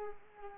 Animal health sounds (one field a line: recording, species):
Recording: mosquito wingbeat signal from an infrared sensor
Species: Culex pipiens